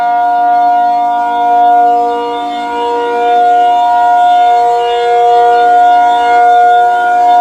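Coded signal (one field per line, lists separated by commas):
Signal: siren signal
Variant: ACA P-50 rotating siren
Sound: steady loud siren tone with rich harmonics, swelling and fading as the horn rotates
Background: outdoors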